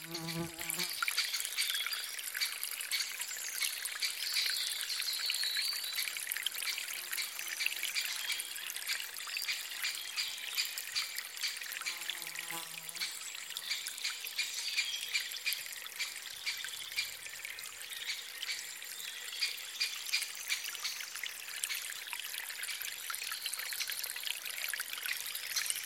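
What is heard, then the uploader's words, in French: A soothing stream flows through a spring forest, its steady bright trickle filling the scene, with faint low tones briefly near the start and around thirteen seconds. Cette forêt printanière, où coule un ruisseau apaisant.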